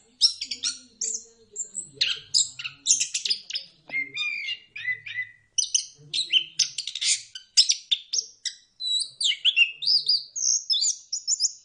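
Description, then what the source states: Bird song, a fast, varied stream of high chirps, trills and whistled slurs with few pauses. Birdsong intended for mastering, that is training, pet birds.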